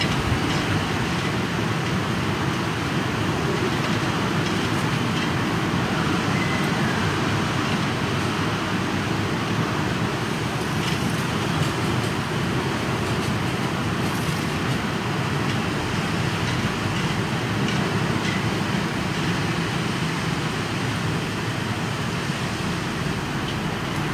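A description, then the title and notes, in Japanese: Strong wind on an early rainy-season day roars steadily for the whole stretch, a dense, unbroken rush with most of its weight in the low and middle range. The level barely changes, with only faint brighter flickers now and then. とある梅雨入りの強風。風のものすごく強い日がありましたね。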